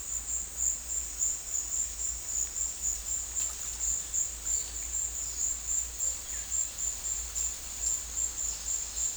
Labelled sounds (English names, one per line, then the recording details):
none
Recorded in dense forest near Puerto Asís, Putumayo, Colombia, on 21 December 2024 at 16:00
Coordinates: 0.467, -76.328
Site GP05